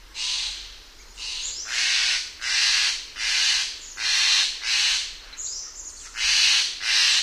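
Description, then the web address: Steller's jay giving a series of harsh, raspy calls, each a broad grating burst, with a brief thin whistled note twice among them. "Songs of Birds of North America Know Your Bird Sounds Common Western Species. Stellers Jay"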